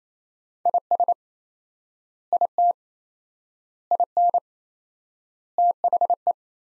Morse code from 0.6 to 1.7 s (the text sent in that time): IS